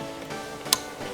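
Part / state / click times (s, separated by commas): speaker wiring harness connector into a car door speaker / seated / 0.7 s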